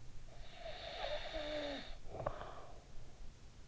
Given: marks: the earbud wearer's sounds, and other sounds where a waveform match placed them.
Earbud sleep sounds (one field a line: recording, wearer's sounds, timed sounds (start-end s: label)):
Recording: sounds in sleep by an in-ear microphone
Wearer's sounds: snoring breath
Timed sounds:
0.11-3.68 s: snoring breath